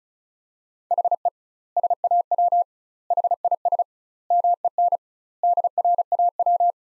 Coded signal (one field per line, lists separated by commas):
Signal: Morse code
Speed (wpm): 36 wpm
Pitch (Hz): 700 Hz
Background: none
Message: HE SAW HIS MEN DRAW